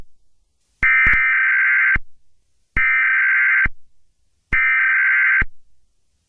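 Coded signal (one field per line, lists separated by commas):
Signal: Emergency Alert System (SAME) tones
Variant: header bursts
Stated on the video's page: Fictional alert tape.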